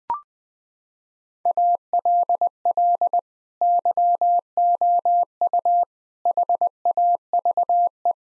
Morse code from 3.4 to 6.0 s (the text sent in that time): YOU